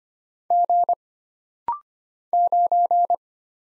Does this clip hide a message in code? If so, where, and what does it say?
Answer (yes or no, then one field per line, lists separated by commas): yes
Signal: Morse code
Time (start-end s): 0.5-3.2 s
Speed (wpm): 25 wpm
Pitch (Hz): 700 Hz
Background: none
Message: G 9